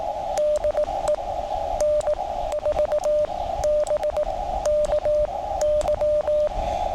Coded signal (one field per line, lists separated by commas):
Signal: Morse code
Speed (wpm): 18 wpm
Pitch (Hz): 600 Hz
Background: radio noise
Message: DE N4BKY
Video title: Morse Code in the Smoky Mountains